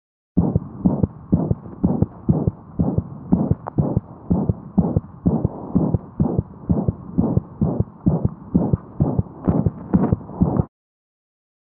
A recording from a dog with a ventricular septal defect.